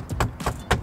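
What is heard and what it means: A plastic dome light lens and housing is pushed back into a vehicle headliner, tabs first and then the other side. Two sharp clicks at 0.2 s and 0.7 s show it snapping into place, with softer tapping and pressing sounds around them. The lens is seated.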